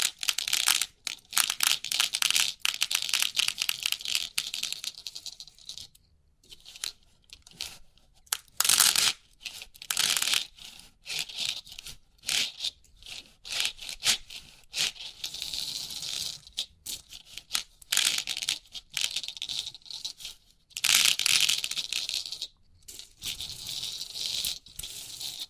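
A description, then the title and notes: Crisp 3D pin art tingles: rapid clicking and rattling of many small pins, bright and dense, coming in irregular bursts separated by brief silences. Some bursts are longer and busier, with a few sharp louder clatters around nine and twenty-one seconds. Crisp 3D Pin Art Tingles(No Talking).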